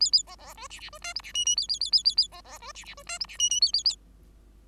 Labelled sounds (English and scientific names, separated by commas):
Bengalese Finch (Lonchura striata domestica) song